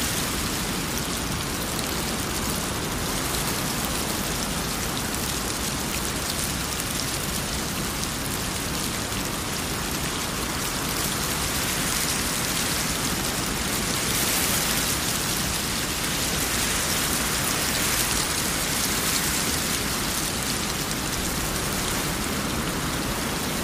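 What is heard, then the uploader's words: Steady, dense rainfall patters evenly across surfaces, a constant bright hiss with a low rumble beneath and slight swells around the middle. Raindrops Sounds.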